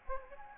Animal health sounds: mosquito wingbeat signal from an infrared sensor; Anopheles gambiae

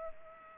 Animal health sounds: mosquito wingbeat signal from an infrared sensor; Culex pipiens

